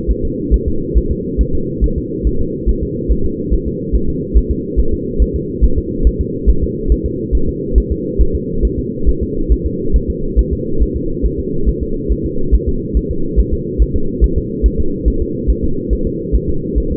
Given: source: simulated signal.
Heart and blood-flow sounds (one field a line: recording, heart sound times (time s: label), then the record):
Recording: fetal heart sounds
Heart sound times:
0.11 s: S1
0.25 s: S2
0.54 s: S1
0.68 s: S2
0.97 s: S1
1.12 s: S2
1.41 s: S1
1.55 s: S2
1.84 s: S1
1.98 s: S2
2.27 s: S1
2.41 s: S2
2.69 s: S1
2.83 s: S2
3.12 s: S1
3.26 s: S2
3.53 s: S1
3.67 s: S2
3.95 s: S1
4.09 s: S2
4.37 s: S1
4.51 s: S2
4.80 s: S1
4.94 s: S2
5.22 s: S1
5.36 s: S2
5.65 s: S1
5.78 s: S2
6.07 s: S1
6.21 s: S2
6.50 s: S1
6.63 s: S2
6.92 s: S1
7.06 s: S2
7.35 s: S1
7.49 s: S2
7.78 s: S1
7.92 s: S2
8.21 s: S1
8.35 s: S2
8.65 s: S1
8.79 s: S2
9.09 s: S1
9.23 s: S2
9.52 s: S1
9.66 s: S2
9.96 s: S1
10.10 s: S2
10.39 s: S1
10.53 s: S2
10.82 s: S1
10.96 s: S2
11.26 s: S1
11.40 s: S2
11.69 s: S1
11.83 s: S2
12.12 s: S1
12.26 s: S2
12.54 s: S1
12.69 s: S2
12.97 s: S1
13.11 s: S2
13.40 s: S1
13.53 s: S2
13.82 s: S1
13.96 s: S2
14.24 s: S1
14.38 s: S2
14.66 s: S1
14.80 s: S2
15.08 s: S1
15.22 s: S2
15.50 s: S1
15.64 s: S2
15.93 s: S1
16.07 s: S2
16.35 s: S1
16.50 s: S2
16.78 s: S1
16.92 s: S2
From the record:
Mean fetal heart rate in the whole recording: 140 bpm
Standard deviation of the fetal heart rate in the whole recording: 2 bpm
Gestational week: 34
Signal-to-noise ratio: -8.1 dB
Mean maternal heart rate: 72 bpm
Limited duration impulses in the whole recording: absent